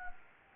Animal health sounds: mosquito wingbeat signal from an infrared sensor; Anopheles gambiae

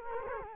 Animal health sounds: mosquito wingbeat signal from an infrared sensor; Culex quinquefasciatus

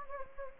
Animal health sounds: mosquito wingbeat signal from an infrared sensor; Anopheles gambiae

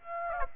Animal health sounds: mosquito wingbeat signal from an infrared sensor; Aedes aegypti

